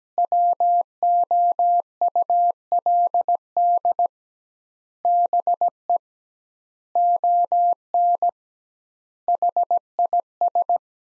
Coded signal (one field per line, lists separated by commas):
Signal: Morse code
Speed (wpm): 17 wpm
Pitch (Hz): 700 Hz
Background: none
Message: WOULD BE ON HIS